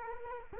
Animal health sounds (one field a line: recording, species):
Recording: mosquito wingbeat signal from an infrared sensor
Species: Culex quinquefasciatus